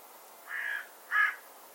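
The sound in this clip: A bird gives two coarse caws, a longer even one followed by a shorter, stronger one, with little else audible.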